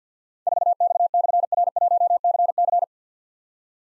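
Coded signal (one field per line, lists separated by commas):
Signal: Morse code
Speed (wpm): 50 wpm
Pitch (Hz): 700 Hz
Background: none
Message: 4X/R1CC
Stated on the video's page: Morse code drill at 50 wpm of difficult callsigns with slashes, each sent, spoken, then sent again, for keyboard or pencil copy.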